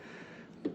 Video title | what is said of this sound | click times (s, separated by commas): Ford Explorer Power Liftgate Strut Replacement | lift gate to line it, and there, and then you just hear it lock in place. | 0.7 s